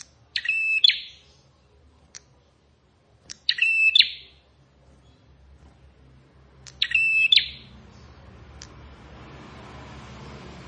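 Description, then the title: Plain prinia repeating three high, rattling, buzzy phrases a few seconds apart, separated by single clicks, as steady hiss grows toward the end. "Ciblek Sawah"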